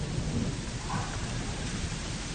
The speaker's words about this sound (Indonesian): Sambil menunggu hujan reda.